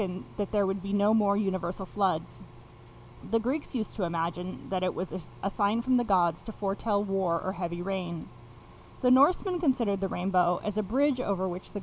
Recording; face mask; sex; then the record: reading aloud; none; female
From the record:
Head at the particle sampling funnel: facing it